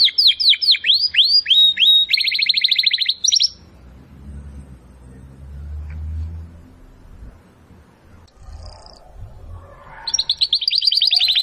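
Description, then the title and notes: Domestic canary singing rapid sweeping trills for about three seconds, then a quiet stretch with low background rumble before the trilled song returns near the end. Belgian canary singing; labelled "Campainha". "Canário Belga Campainha Canary Singing. Canario Belga Cantando"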